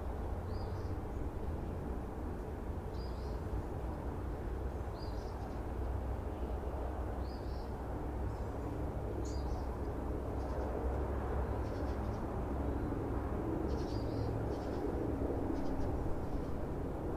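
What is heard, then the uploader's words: Outdoors, a steady low rumble of road traffic fills the whole recording, dense and constant. Brief bird chirps rise above it every couple of seconds, small and bright. A busier cluster of calls comes near the end. Florida Nature Preserve Trip. Everglades Sounds,Birds Chirping. Swamp.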